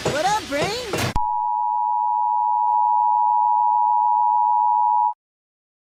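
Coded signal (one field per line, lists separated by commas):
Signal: Emergency Alert System (SAME) tones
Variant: 853 and 960 Hz attention tone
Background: speech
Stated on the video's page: Fictional EAS scenario using valid EAS tones.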